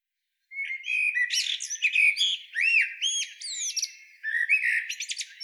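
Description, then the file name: Eurasian blackbird song: rising and falling whistled notes with squeaky high flourishes, after half a second of quiet. "Turdus merula"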